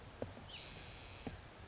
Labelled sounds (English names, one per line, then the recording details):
Spotted Towhee
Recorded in Sonoma County, California